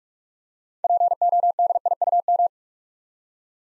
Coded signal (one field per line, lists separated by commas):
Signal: Morse code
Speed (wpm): 44 wpm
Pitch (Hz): 700 Hz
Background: none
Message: PODIUM